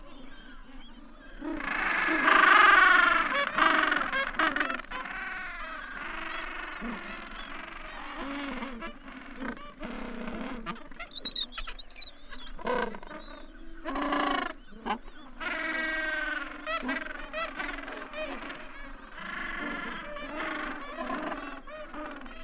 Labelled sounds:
Gentoo Penguin (Pygoscelis papua) call

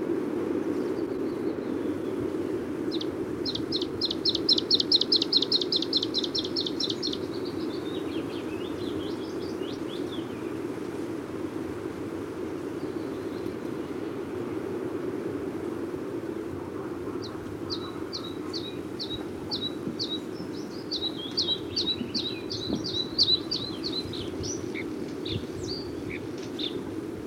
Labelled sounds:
Bluethroat (Luscinia svecica) song

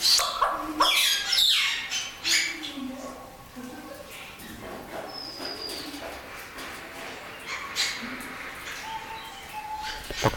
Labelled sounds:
Northern Red-billed Hornbill (Tockus erythrorhynchus)

